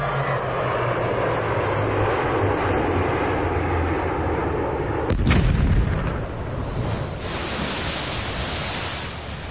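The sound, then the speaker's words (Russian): Torpedo attack sinking the English gunboat Erebus in the Atlantic Ocean: a steady roaring engine drone, then one sudden heavy blast about halfway through that rolls into a deep rumble before the noise settles back. “Только что потоплена торпедой английская канонерка Эребус, которая пыталась уничтожить нашу радиостанцию в Атлантическом океане. Послушайте, как это было.”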